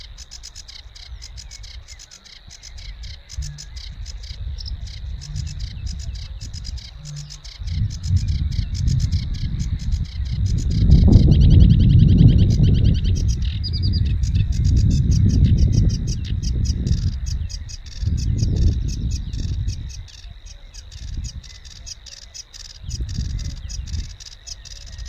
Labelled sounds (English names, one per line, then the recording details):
Sedge Warbler song
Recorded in the wild
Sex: male
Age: adult
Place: Warsow, Kummerower See, Mecklenburg-Vorpommern, DE
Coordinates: 53.8375, 12.8344
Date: 2012-05-24 06:10
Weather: 8°C, sunny, weak winds from NE
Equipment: Sound Devices 702, Sennheiser MKH 70, Rycote Windschutz
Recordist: Frommolt, Karl-Heinz
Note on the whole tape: Polder Große Rosin bei Warsow: Gesang von zwei Schilfrohrsängern in einem ausgedehnten Seggenbestand. Parallel dazu erfolgte Vierkanalaufzeichnung. Entfernung 10 m. Zum Teil starke Windgeräusche